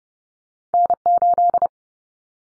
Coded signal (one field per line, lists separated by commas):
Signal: Morse code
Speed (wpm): 30 wpm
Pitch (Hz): 700 Hz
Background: none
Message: N8